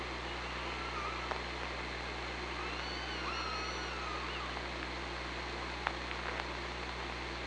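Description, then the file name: Orca calls, faint wavering tones with a higher harmonic drifting over several seconds, amid steady underwater hiss and a few sharp clicks. Recorded on the OrcaLab hydrophone, underwater, 24 August 2017. "Orca Lab UTLN JASON 20170824 054947"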